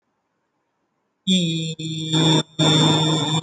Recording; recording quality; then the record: sustained vowel as in beet; moderate, slight background noise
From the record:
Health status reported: healthy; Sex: male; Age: 25 years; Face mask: not worn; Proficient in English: yes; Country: India